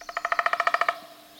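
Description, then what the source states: Downy Woodpecker, a short, even drum roll of about twelve rapid beats lasting under a second, followed by quiet. Drum roll described as rather modest, rather short and not too fast.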